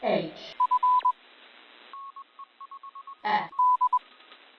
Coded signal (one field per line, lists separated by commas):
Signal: Morse code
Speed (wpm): 22 wpm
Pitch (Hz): 1000 Hz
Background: none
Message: F D